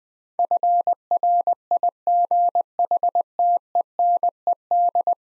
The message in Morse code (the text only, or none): FRIGHTENED